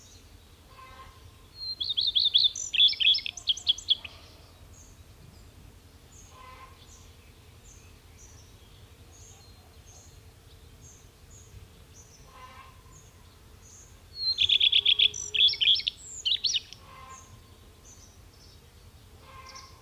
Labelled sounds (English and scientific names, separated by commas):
Common Redstart (Phoenicurus phoenicurus) song